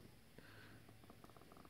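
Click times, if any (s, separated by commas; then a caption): none. A microSD card is handled at the spring-loaded card slot behind the kickstand of a Surface Pro 4 tablet, with faint low rustling and a few soft ticks around 1.2 and 1.4 seconds. Nothing has seated or clicked into the slot yet.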